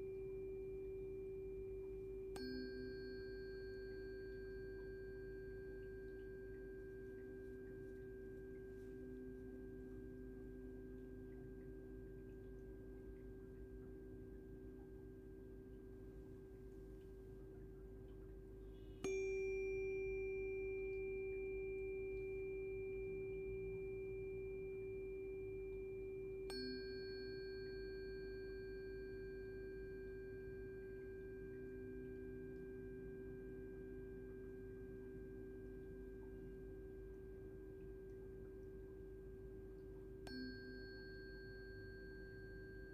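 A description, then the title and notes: Tuning forks ring in long, steady pure tones, one sustained hum joined by a fresh strike around every eight seconds, adding brighter overlapping tones. Multiple forks can be held to create complex frequencies for new experiences. In this track she held one or two forks at the same time- sometimes in one ear, sometimes in both- creating this enveloping sound that pierces the brain.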